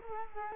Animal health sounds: mosquito wingbeat signal from an infrared sensor; Culex quinquefasciatus

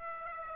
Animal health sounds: mosquito wingbeat signal from an infrared sensor; Aedes aegypti

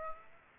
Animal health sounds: mosquito wingbeat signal from an infrared sensor; Aedes aegypti

